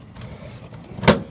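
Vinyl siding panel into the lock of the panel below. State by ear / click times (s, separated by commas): seated / 1.1 s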